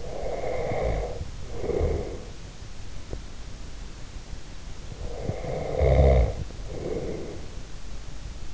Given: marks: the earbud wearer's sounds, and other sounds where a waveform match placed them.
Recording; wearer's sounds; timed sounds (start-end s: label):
sounds in sleep by an in-ear microphone; breath, snoring breath
0.00-2.47 s: breath
5.07-7.73 s: snoring breath